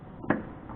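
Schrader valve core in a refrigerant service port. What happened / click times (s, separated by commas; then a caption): The threaded valve core clicked free of its port / 0.3 s. A Schrader valve core is unthreaded again from a refrigerant service port with a core removal tool. A sharp click sounds at 0.3 s as the core's threads come fully out of the port threads, followed by a fainter tick near 0.7 s. The core is released and fully unthreaded.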